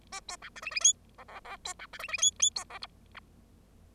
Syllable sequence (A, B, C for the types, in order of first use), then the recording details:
A B C D E E F G G G B C D E E F F B G H I. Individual Bird0